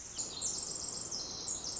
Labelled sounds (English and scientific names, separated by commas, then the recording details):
Pacific Wren (Troglodytes pacificus)
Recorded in Sonoma County, California